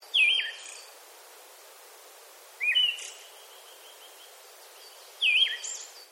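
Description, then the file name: Siberian thrush song: three short phrases about two and a half seconds apart, each a clear whistled note followed by a thin, high trailing tone, with quiet gaps between. "mamijiro"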